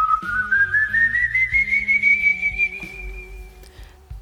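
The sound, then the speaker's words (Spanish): At night, an eerie, unnatural whistle holds one long, thin tone that slowly glides upward in pitch, then levels off and fades, over a low, murky droning bed. “Un ruido que no parece humano.”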